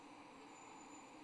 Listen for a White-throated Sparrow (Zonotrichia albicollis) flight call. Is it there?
no